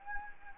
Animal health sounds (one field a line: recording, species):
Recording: mosquito wingbeat signal from an infrared sensor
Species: Anopheles gambiae